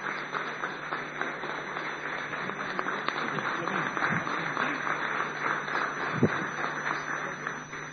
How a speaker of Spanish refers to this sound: Fuerte el aplauso, realmente muy merecido.